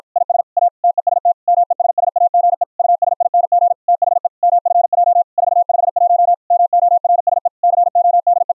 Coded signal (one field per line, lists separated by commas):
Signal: Morse code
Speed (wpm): 53 wpm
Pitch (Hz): 700 Hz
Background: none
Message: IS A TEST MESSAGE USING THE MFJ 451 MORSE CODE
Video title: The CW RE-Keyer System - a harsh 555 square wave IN - pure sine wave OUT - with Raised Cosine edges